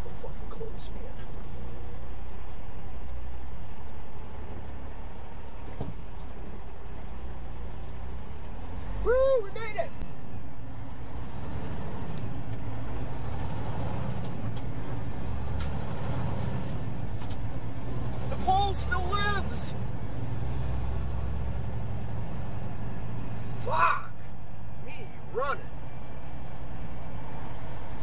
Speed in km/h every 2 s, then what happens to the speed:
0, 0, 0, 3, 6, 13, 19, 26, 29, 35, 37, 37, 35, 35.
0-5 standing. 5-18 pulls away to 35. 18-28 steady at about 35.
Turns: none.